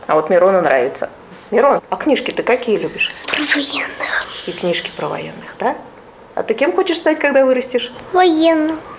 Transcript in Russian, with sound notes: А вот Мирону нравятся. Мирон, а книжки ты какие любишь?
Про военных.
И книжки про военных, да?. (С улыбкой) А ты кем хочешь стать, когда вырастешь?
Военным.